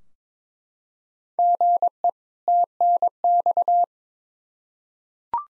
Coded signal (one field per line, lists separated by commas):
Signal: Morse code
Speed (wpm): 21 wpm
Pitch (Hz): 700 Hz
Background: none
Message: GE TNX